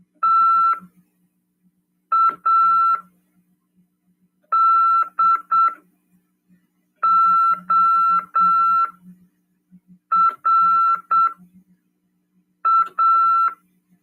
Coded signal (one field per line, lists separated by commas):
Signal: Morse code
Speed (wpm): 7 wpm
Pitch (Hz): 1340 Hz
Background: none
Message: TADORA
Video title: RADIOAMADOR 1ºEd 29/12/2022 "AULA 52: CW, LEGIS e C.RODADA" PY2EXU PAULO FM 146.410 Mhz. CRASP/RAF.